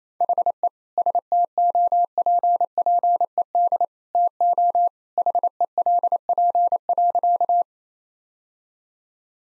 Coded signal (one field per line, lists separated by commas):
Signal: Morse code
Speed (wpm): 27 wpm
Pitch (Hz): 700 Hz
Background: none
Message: HE STOPPED TO HELP.